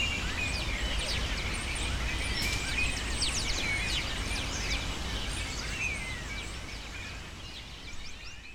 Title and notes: Pájaros En La Fábrica. Muchos de los cipreses de mi ciudad se han convertido en el refugio de pájaros que, sobretodo por la tarde, gritan sin parar